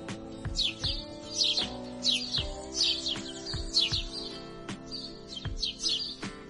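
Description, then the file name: Grey-headed sparrow chirping in short groups of high notes, while a steady hum and low knocking continue beneath. "canto do pardal de cabeca cinzenta"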